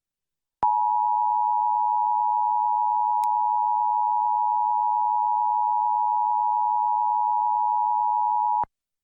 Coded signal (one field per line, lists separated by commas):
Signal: Emergency Alert System (SAME) tones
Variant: 853 and 960 Hz attention tone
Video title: EAS #979: EAS Required Monthly Test- Sep. 4, 2024- 8:20AM PDT